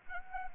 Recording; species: mosquito wingbeat signal from an infrared sensor; Anopheles gambiae